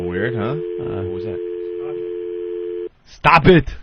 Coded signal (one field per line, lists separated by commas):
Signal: telephone call progress tone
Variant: North America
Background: speech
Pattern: dial tone